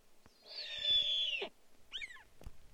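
Snowy owl rasping screech held for about a second, then a short descending yelp and a sharp click.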